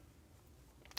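The screw-down crown on a Swiss-made Squale Marina Militare dive watch case is unscrewed until it springs out of its locked position. After a quiet stretch of low hum and two faint ticks near 0.9 s, a sharp tick at 1.0 s marks the crown popping out and being released.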